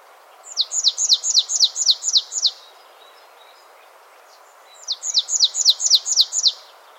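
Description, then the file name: Marsh tit delivering two bursts of about seven or eight quick, high notes sliding downward, separated by a pause of roughly two and a half seconds, with soft hiss behind. "Poecile palustris"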